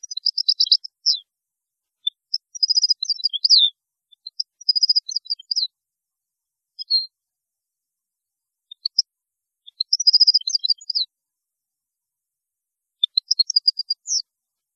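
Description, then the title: European goldfinch song: repeated short bursts of high tinkling twitters and buzzy trills, scattered single notes between them. "Chant Chardonneret"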